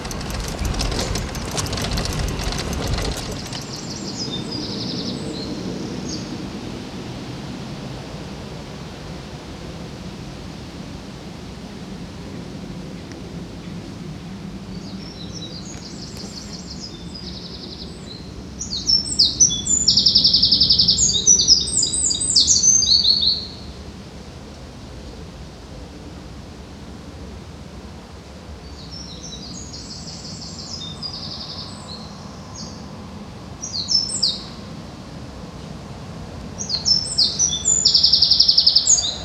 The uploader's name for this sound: Sounds along the river in Odense, Denmark